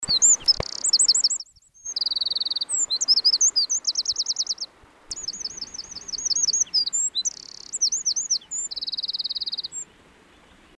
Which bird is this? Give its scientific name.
Troglodytes troglodytes